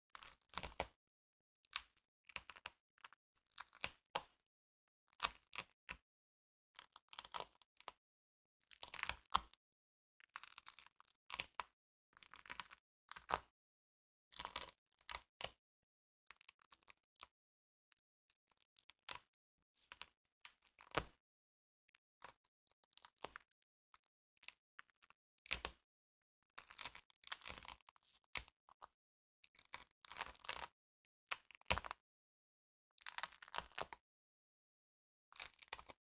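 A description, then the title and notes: Sticky floam is squished and pulled, making crackly, bright popping bursts in irregular clusters separated by brief silent pauses throughout. ASMR Satisfying Sticky Floam Sounds (no talking). Satisfying sticky floam trigger sounds (slime-like molding material with beads).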